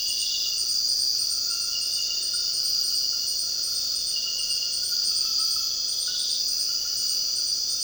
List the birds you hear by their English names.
none